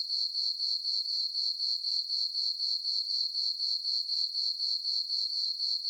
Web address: Animal, Crickets, Chirp, Ambience, Night, Insect, Bug